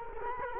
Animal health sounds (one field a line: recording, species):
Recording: mosquito wingbeat signal from an infrared sensor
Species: Culex quinquefasciatus